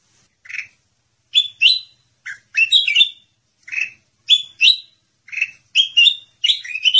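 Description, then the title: Sooty-headed bulbul calls, bubbly single and two-note chirps repeated in a steady pattern; quiet surroundings. "Suara Burung Kutilang"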